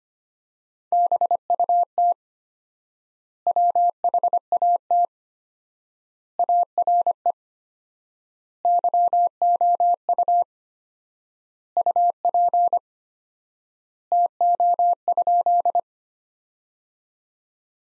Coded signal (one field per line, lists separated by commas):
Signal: Morse code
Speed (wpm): 25 wpm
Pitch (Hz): 700 Hz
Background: none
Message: BUT WHAT ARE YOU UP TO?